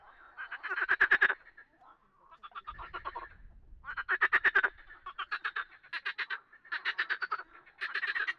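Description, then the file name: Several frogs croak in overlapping grating bursts of rapid pulses, with a short low rumble partway through. "grenouilles"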